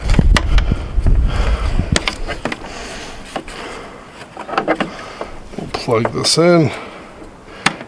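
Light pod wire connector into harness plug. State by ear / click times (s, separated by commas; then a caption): seated / 7.7 s. A light pod wiring harness connector is plugged into its mating plug on a Jeep while someone talks. Scattered handling knocks and taps are heard before a sharp click at 7.7 s, when the connector seats.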